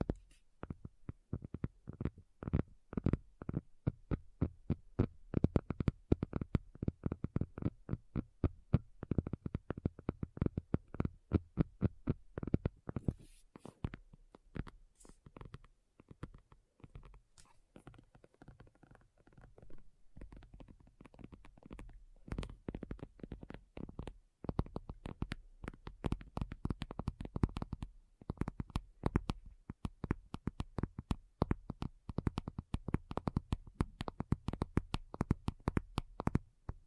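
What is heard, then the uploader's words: Rapid, steady tapping runs through the whole clip, dense clusters of quick dull knocks with a low, thumping body. Around the middle the taps grow softer and sparser, then return to a busy, fairly even rhythm with occasional brighter clicks. ASMR Addictive Tapping. (No Talking).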